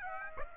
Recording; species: mosquito wingbeat signal from an infrared sensor; Aedes aegypti